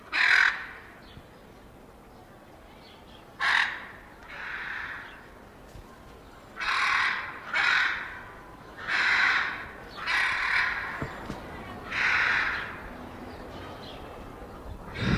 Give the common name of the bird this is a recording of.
Hyacinth Macaw